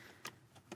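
The blue male communication plug of an aftermarket instrument cluster display harness, for a display with built-in air vents, is lined up and pushed into the mating connector in a Tesla Model 3/Y. A sharp click at 0.3 s marks the plug seating, followed by a faint tick near 0.6 s and another sharp tick at 0.7 s. The connector is seated.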